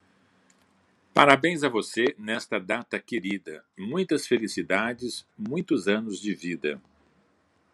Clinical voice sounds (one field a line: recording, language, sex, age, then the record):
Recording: short text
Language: Brazilian Portuguese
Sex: male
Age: 60 to 69 years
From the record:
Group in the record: control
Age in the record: 62 years